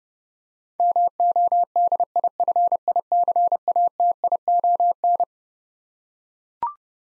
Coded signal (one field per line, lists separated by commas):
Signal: Morse code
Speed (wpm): 32 wpm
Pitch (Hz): 700 Hz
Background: none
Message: MODIFICATION